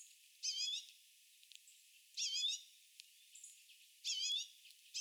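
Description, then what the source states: Common redpoll giving three rattling, buzzy call bursts roughly every two seconds, each about a third of a second long, with faint ticks between. Recorded on 19 February 2022.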